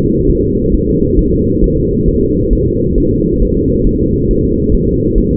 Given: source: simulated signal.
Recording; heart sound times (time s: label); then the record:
fetal heart sounds
0.29 s: S1
0.44 s: S2
0.75 s: S1
0.89 s: S2
1.19 s: S1
1.34 s: S2
1.64 s: S1
1.78 s: S2
2.08 s: S1
2.23 s: S2
2.53 s: S1
2.67 s: S2
2.98 s: S1
3.12 s: S2
3.42 s: S1
3.57 s: S2
3.87 s: S1
4.01 s: S2
4.31 s: S1
4.45 s: S2
4.75 s: S1
4.89 s: S2
5.18 s: S1
5.32 s: S2
From the record:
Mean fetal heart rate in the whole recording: 135 bpm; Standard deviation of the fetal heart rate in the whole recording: 3 bpm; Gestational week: 36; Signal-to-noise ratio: -10.2 dB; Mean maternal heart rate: 72 bpm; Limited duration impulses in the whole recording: present